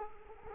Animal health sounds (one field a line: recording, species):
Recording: mosquito wingbeat signal from an infrared sensor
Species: Culex quinquefasciatus